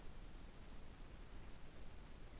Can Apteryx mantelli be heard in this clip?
no